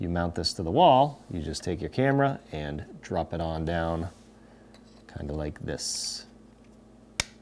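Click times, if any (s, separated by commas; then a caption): 7.2 s. Someone talks while a Ring Indoor Camera, a plug-in indoor security camera with a cord about 6 feet long, is dropped down onto its wall mount. After a quiet stretch, a sharp, loud snap at 7.2 s marks the camera locking onto the mount.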